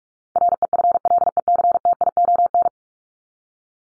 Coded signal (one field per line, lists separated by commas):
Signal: Morse code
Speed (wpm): 44 wpm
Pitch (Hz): 700 Hz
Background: none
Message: REFLECTION